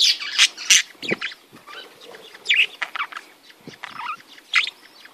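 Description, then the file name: Budgerigars chattering with squawky, scratchy notes and short warbles in quick irregular bursts. "Canto do periquitos ingleses"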